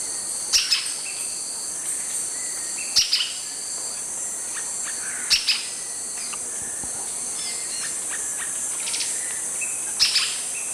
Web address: Natures Songs S America Eastern Lowlands. Automolus infuscatus, calls